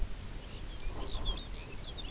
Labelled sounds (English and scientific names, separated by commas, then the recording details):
Lapland Longspur (Calcarius lapponicus)
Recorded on Arctic tundra, site UTQI-0, on 17 June 2019
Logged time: 22:00